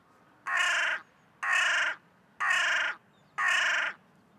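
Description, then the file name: Carrion crow calling four harsh, hoarse caws, each about half a second long, evenly spaced roughly once a second. "Corvus corone"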